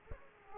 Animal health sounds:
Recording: mosquito wingbeat signal from an infrared sensor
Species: Aedes aegypti

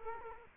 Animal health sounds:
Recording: mosquito wingbeat signal from an infrared sensor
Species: Culex quinquefasciatus

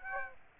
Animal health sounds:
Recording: mosquito wingbeat signal from an infrared sensor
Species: Aedes aegypti

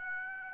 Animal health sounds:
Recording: mosquito wingbeat signal from an infrared sensor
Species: Aedes aegypti

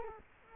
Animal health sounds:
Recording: mosquito wingbeat signal from an infrared sensor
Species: Culex quinquefasciatus

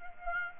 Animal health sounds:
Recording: mosquito wingbeat signal from an infrared sensor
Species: Aedes aegypti

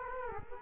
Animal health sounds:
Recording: mosquito wingbeat signal from an infrared sensor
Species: Culex quinquefasciatus

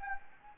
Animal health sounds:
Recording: mosquito wingbeat signal from an infrared sensor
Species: Anopheles gambiae

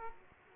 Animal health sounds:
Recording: mosquito wingbeat signal from an infrared sensor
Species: Aedes aegypti

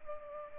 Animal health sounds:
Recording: mosquito wingbeat signal from an infrared sensor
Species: Culex pipiens

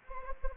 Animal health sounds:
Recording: mosquito wingbeat signal from an infrared sensor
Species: Anopheles gambiae

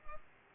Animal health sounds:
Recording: mosquito wingbeat signal from an infrared sensor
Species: Culex pipiens

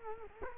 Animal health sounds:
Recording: mosquito wingbeat signal from an infrared sensor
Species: Culex quinquefasciatus

